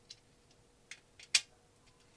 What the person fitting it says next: and it clicks back in